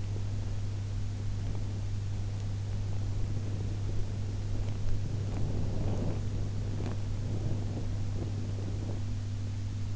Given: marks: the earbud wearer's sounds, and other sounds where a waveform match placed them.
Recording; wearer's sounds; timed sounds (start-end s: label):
sounds in sleep by an in-ear microphone; body movement, teeth grinding
0.00-9.04 s: body movement
4.59-7.05 s: teeth grinding